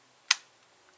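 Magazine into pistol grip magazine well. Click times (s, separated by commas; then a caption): 0.3 s. A magazine is pushed into the grip magazine well of a Bersa Thunder CC .380 pistol, seating in two stages. A sharp, bright click lands at 0.3 s, followed by a much fainter high tick near 0.9 s. The magazine ends fully seated, flush and all the way in.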